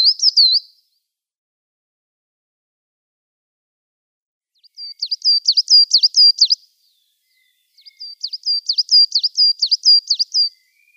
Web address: Schulze Peter Coal Tit song